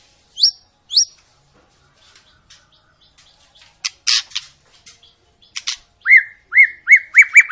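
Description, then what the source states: White-rumped shama giving two high up-slurred whistles, a few scratchy bursts, then quickening repeated rising notes. Long lure song of a bird singing vigorously (gacor), used to make birds sing.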